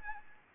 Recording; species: mosquito wingbeat signal from an infrared sensor; Anopheles arabiensis